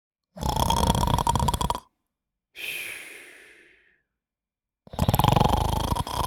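Two loud, low, rattling snores on the in-breath, each about one and a half seconds long, with a softer breathy out-breath fading between them. Together they form a slow, regular sleep-breathing cycle of an adult male snorer.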